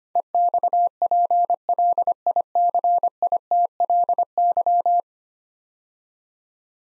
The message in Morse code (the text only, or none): EXPLICITLY